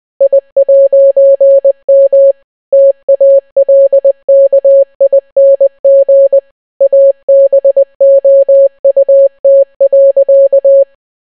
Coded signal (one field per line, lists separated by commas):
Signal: Morse code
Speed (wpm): 20 wpm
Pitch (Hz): 550 Hz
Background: none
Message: I'M TALKING ABOUT.